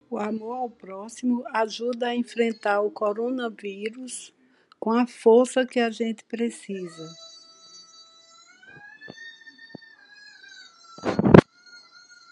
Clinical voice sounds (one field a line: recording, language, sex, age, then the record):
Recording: spoken sentence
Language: Brazilian Portuguese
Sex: female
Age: 60 to 69 years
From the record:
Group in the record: control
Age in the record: 62 years